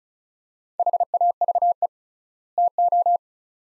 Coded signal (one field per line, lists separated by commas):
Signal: Morse code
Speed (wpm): 36 wpm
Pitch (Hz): 700 Hz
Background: none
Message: HAVE TO